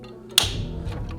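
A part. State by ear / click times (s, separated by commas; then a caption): released / 0.4 s. Someone presses hard on the orange plastic tab on top of the second bias transfer roll in the left side door of a Xerox AltaLink C8000 Series copier, pushing in the direction of the arrow. A sharp click sounds at 0.4 s, followed by a low rumbling handling noise and a faint tick near 1.1 s. The click releases the roll from the side door.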